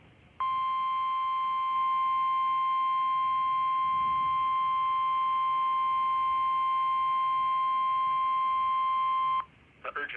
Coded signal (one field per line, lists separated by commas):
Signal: Emergency Alert System (SAME) tones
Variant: 1050 Hz attention tone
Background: speech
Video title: 5/11/2024 EAS Tornado Warning Ohio and Pennsylvania on Uniden BC365CRS